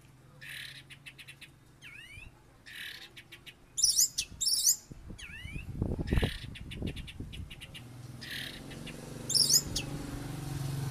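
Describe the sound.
Oriental magpie-robin song of rising slurred whistles and rapid clicky notes, over low background noise.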